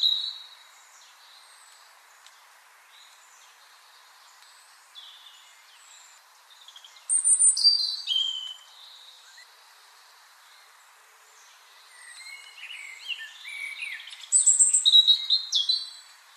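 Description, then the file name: European robin song: thin, high, varied warbling phrases in two bursts, fast trills and slurred notes, with quiet gaps between them. "Erithacus rubecula"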